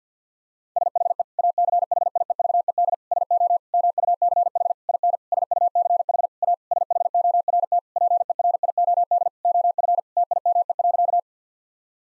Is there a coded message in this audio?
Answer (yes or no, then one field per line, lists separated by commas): yes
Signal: Morse code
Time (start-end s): 0.8-11.2 s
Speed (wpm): 50 wpm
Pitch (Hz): 700 Hz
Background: none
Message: SHE ACHIEVED SO MUCH IN SUCH A SHORT PERIOD OF TIME.